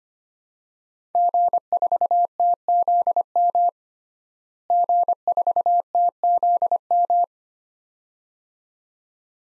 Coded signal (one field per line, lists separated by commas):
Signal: Morse code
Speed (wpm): 25 wpm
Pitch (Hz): 700 Hz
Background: none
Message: G4TZM G4TZM